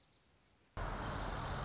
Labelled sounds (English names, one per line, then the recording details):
Dark-eyed Junco
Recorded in Sonoma County, California